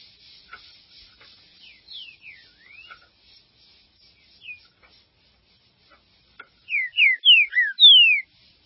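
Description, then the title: Green-winged saltator song: soft, scattered slurred whistles at first, then a loud burst of five quick, clear down-slurred whistled notes near the end. "Trinca Ferro"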